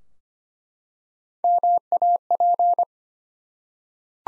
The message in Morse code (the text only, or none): MAP